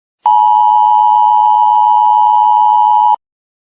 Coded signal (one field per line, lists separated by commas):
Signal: Emergency Alert System (SAME) tones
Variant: 853 and 960 Hz attention tone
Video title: EAS #7 - Ohio